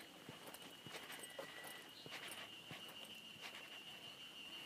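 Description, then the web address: Ezo harusemi cicada song, a steady high droning band held throughout, with scattered clicks underneath. Recorded just before Mount Tanzawa, Japan, on 1 June 2015. "2015 06 01 エゾハルゼミ丹沢山手前"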